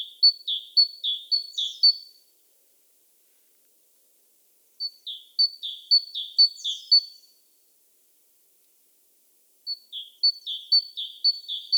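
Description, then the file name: Great tit giving three short bursts of ringing two-note phrases, each burst about two seconds, separated by silent pauses. "Parus major"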